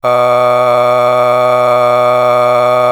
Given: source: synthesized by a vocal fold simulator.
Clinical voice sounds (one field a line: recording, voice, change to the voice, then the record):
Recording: sustained vowel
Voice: male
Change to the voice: a random mix of aspiration noise, stiffness perturbation and strain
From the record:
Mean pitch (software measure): 123 Hz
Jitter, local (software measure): 0.89%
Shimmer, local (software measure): 6.8%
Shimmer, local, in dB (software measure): 0.59 dB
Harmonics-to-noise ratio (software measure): 15.9 dB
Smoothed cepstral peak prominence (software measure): 17.4 dB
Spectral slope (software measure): -14.8 dB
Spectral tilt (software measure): -9.6 dB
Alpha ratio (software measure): -5.2 dB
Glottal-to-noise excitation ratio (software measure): 0.952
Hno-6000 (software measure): 2.0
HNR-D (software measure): 28.8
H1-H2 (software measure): 1.4 dB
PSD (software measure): 9.1e-05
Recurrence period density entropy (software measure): 0.115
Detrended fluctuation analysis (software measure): 0.0321